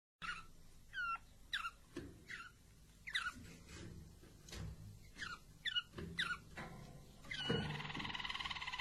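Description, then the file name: Harz Roller canary, quiet, with separate downslurred chirps spaced a fraction of a second apart, ending in a brief rolling trill. Belgian Harz Roller canary. "canto do canario belga harz roller"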